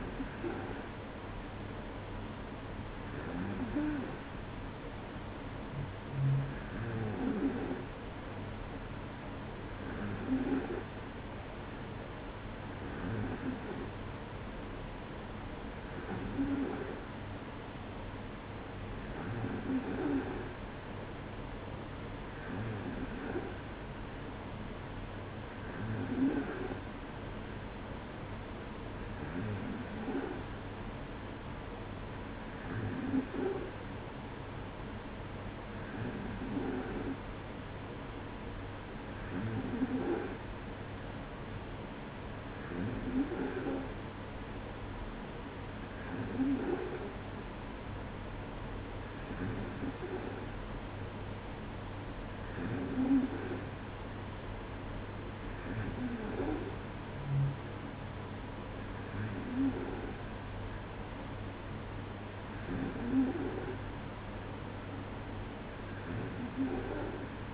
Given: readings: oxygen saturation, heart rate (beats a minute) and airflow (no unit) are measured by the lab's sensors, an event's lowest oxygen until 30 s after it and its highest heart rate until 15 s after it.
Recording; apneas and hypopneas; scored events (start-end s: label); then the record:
breathing in sleep by a voice recorder at the bedside; none
none scored
From the record:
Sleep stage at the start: N2 (light sleep); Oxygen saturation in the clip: 93 to 94%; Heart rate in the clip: 55 to 58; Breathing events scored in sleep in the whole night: 305 in 9.6 hours asleep